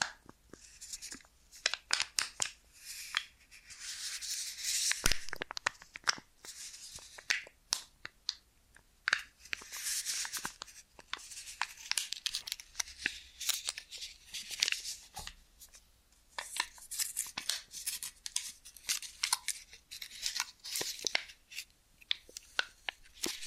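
An ear and scalp massage with constant rubbing and scratching against the microphone, crisp and bright with little low end. Dense bursts of rustling and quick tapping clicks come and go throughout, with brief quieter gaps near 8 and 15 seconds.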